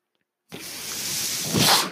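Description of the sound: Steady, rising airy hiss after silence, swelling near the end: airflow noise from a home mechanical ventilator delivering a breath to its user.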